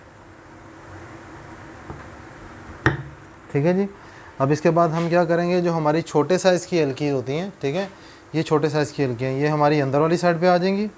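During reassembly of a PCP airgun, the spring is pressed in lightly so the retaining ring settles into its seat on the block. A single sharp metallic hit at 2.9 s marks the ring seating, and then someone talks.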